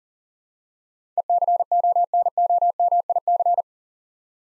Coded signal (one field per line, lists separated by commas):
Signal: Morse code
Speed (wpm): 37 wpm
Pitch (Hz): 700 Hz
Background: none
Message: ECONOMIC